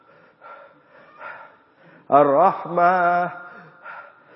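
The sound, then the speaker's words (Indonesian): A voice imitates a person short of breath pausing while reciting Al-Fatihah in prayer: soft, breathy sounds lead into a sudden loud, strained burst of voiced gasps with wavering pitch, then fading breathy noises. “Kecuali kalau dia sesak nafas.”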